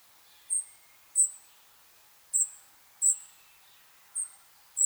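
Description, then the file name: European robin giving thin, very high-pitched short calls, each a brief sharp note, six in about five seconds at uneven intervals. "Erithacus rubecula"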